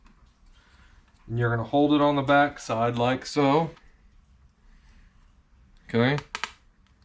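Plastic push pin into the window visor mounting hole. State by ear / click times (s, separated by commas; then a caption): partly seated / 6.4 s. Someone talks while a plastic push pin holding an EOS window visor on an FR-S/BRZ is pressed through its mounting hole, with a rubber stopper held on the back side so it doesn't rub and chafe the paint. A sharp click is heard at 6.4 s as the pin clicks in, but it is not yet all the way home.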